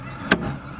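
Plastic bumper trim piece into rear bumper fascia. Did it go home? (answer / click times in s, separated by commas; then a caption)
yes / 0.3 s. On a 1999-2004 Jeep Grand Cherokee WJ, a plastic bumper trim piece is fished back through its opening and pushed into the rear bumper fascia. A sharp, bright pop at 0.3 s marks it snapping into place, over a low background hum. The trim piece is seated.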